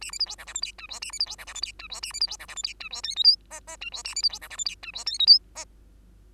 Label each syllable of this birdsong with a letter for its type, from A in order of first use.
A B C D E F G H I J A B C D E F G H I J A B C D E F G H I J K L M N N I J A B C D E F G H I J K L M N